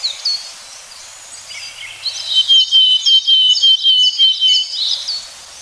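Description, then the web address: Willow tit giving a steady series of evenly spaced notes, mixed with overlapping high-pitched chirps. "sikioto. kogara"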